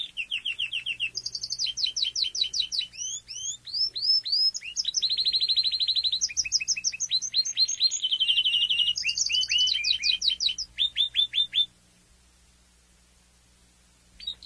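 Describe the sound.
Domestic canary in continuous song, rapid chirp series and rolling trills in shifting tours for about twelve seconds, then quiet before a final note.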